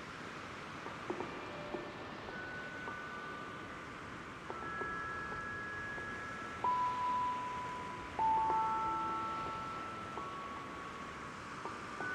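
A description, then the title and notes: Seaside Cove on the Oregon Coast, with a steady, dense wash of surf filling the whole clip. Over it, clear chime tones ring out every couple of seconds and hang for several seconds, the loudest strikes coming around the middle and near the end. Recorded at Seaside Cove on The Oregon Coast.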